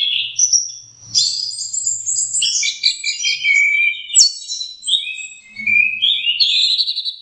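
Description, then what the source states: Orange-headed thrush song, a loud, rich, varied run of high whistles, trills and warbled phrases with hardly a pause, over faint low hum. Masteran recording, meaning a training recording.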